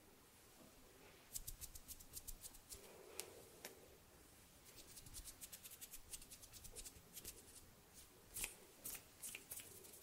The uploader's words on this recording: ASMR HAND SOUNDS, SNAPPING and FINGER FLUTTERING around the mic NO TALKING.